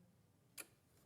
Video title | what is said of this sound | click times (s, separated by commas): Sewing Street 24/02/2025 - Happy Birthday Sewing Street with Vicki Carroll, John Scott, TOFT | did you hear that very very quiet little click there and then | 0.6 s